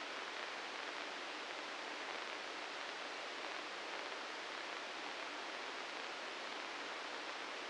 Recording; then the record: brain microelectrode recording played as sound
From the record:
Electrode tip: inside the subthalamic nucleus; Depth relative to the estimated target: 1 mm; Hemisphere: right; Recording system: NeuroSet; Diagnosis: Parkinson's disease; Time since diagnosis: 9 years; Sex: male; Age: 61 years